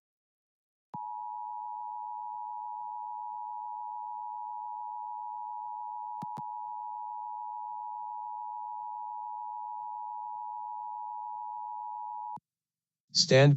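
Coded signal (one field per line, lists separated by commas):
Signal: Emergency Alert System (SAME) tones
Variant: 853 and 960 Hz attention tone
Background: speech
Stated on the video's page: Heard during live AM/FM DX session with auroral enhancement, received on SDR receivers (Perseus, Elad FDM-S3, Flex 6400) with KAZ, Superloop and loop antennas.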